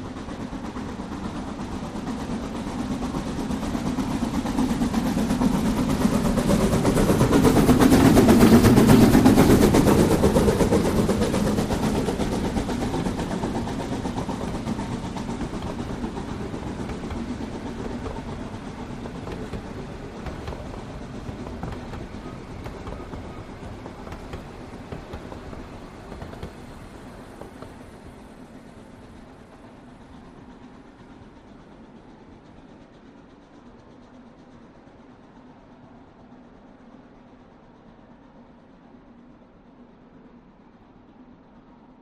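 A distant train chugs past on a quiet evening, its rumble and clatter swelling to a peak around nine seconds. The sound then fades slowly over the next half minute, leaving a low, steady drone that thins out near the end.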